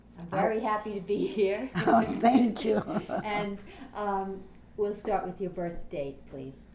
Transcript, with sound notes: I'm very happy to be here.
Thank you. ( she laughs )
And we'll start with your birth date, please.